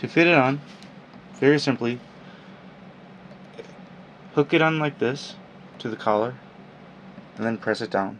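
Someone talks while lining up a dragon-head accessory on an action figure, about to hook it onto the collar and press it down. Quiet handling sounds fill the gaps between the speech, and nothing has seated or clicked yet.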